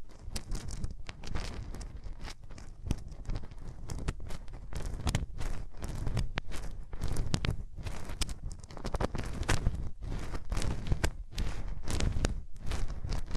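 Hands rub over a microphone in a steady, dense run of soft scraping and thumping, with frequent bright brushing bursts and deep low rumble throughout.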